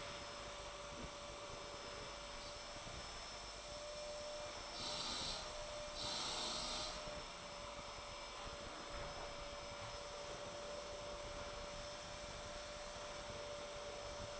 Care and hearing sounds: daily activity, microphone in the room; vacuum cleaning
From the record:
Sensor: 5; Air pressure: 1007.8 hPa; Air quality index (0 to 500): 95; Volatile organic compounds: 1 ppm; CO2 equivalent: 748 ppm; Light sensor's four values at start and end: 34/80/32/32 and 34/80/32/32

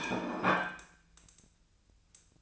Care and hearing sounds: daily activity, microphone in the room; place plate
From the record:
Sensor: 2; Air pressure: 1009.2 hPa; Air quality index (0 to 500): 187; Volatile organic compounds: 11 ppm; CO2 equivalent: 2323 ppm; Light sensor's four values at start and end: 23/57/25/27 and 24/59/25/28

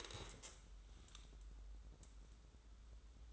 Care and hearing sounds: daily activity, microphone in the room; stand up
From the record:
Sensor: 3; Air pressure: 994.4 hPa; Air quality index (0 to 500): 199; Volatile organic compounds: 1000 ppm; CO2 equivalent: 6603 ppm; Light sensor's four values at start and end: 178/422/180/180 and 195/463/198/200

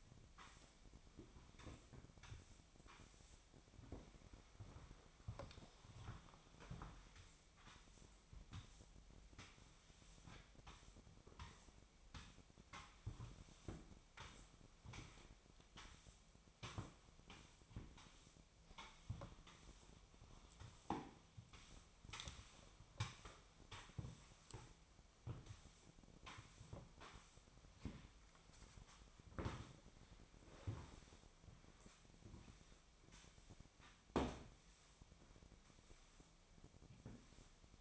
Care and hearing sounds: daily activity, microphone in the room; sweep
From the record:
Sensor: 1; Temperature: 25.6 degrees Celsius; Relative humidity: 38.0%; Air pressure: 1007.0 hPa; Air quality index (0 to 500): 205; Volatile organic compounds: 23 ppm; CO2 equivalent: 2771 ppm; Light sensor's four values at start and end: 12/32/12/14 and 12/32/12/14

